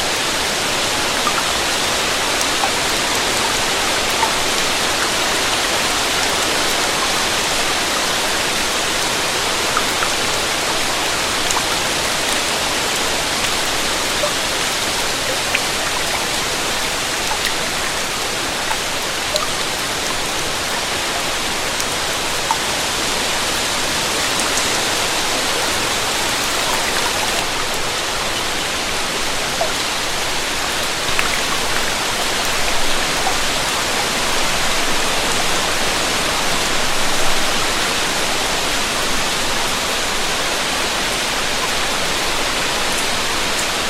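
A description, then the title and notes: Rain falls steadily under a pavilion, a dense, even hiss of countless drops with no pauses. The sound is bright, with faint pattering ticks scattered through it and a soft low rumble underneath, holding level for the whole stretch. The sound of rain under the pavilion.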